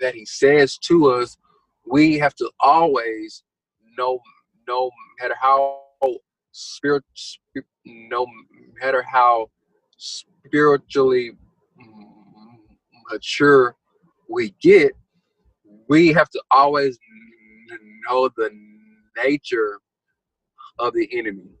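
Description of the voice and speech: Adult man's speech with phrase repetitions, drawn-out 's' sounds and long silent blocks: stuttering disrupting fluency, a stutter present since he was growing up.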